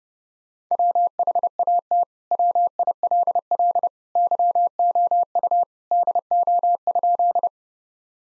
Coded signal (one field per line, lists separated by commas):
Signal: Morse code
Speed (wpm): 30 wpm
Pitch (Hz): 700 Hz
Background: none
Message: WHAT WILL YOU DO?